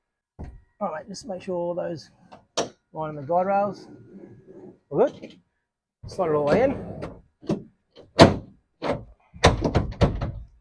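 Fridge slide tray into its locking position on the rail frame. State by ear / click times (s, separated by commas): seated / 9.4 s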